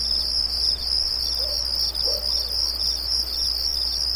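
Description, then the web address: Crickets chirping in a steady, high-pitched, rapidly pulsing chorus, with a couple of faint low calls from another animal in the background. Night ambience of light, high-pitched, rhythmic crickets. "Nature Ambiences Night Ambience Light High-pitched Crickets Rhythmic"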